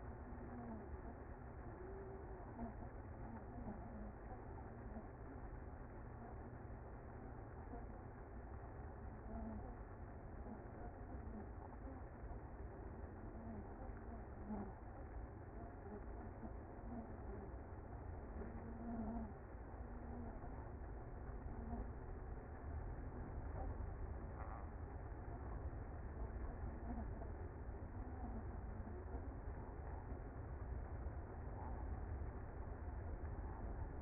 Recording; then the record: honeybee colony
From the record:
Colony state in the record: active